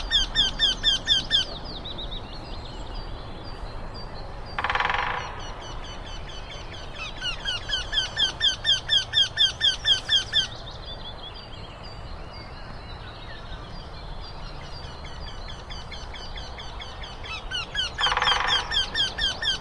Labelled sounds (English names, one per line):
Eurasian Wryneck